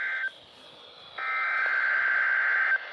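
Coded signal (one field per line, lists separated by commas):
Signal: Emergency Alert System (SAME) tones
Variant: header bursts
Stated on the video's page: Streamed Required Weekly Test tones.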